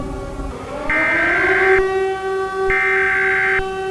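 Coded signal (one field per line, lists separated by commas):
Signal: Emergency Alert System (SAME) tones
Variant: header bursts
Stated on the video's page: Simulated alert scenario, generated with a DASDEC encoder.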